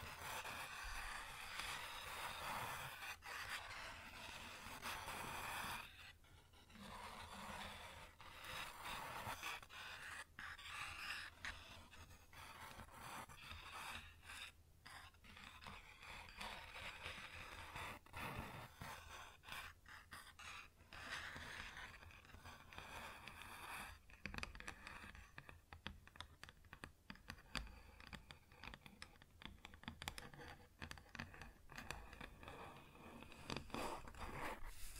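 Fingers tap and scratch across a wooden surface in a busy, continuous texture, with dry rasping strokes mixed with quick clicks. Short pauses break the activity around six, fifteen and twenty-four seconds. A low steady hum runs underneath throughout.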